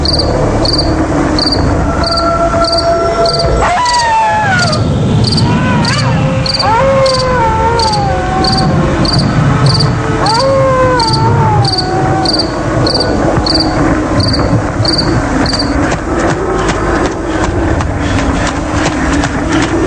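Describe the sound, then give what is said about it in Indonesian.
Crickets chirp in a steady, pulsing rhythm throughout a village night before dawn, joined by other night animals' rising and falling whistled calls over a low rumbling background, with wind blowing. “Hanya suara-suara binatang malam dan hembusan angin yang terdengar.”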